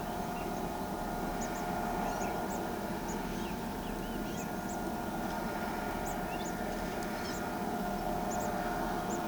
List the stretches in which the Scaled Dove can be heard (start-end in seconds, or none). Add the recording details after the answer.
none. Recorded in pastures near Pivijay, Magdalena, Colombia, on 18 April 2023 at 08:00. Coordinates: 10.456, -74.369. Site P6-G026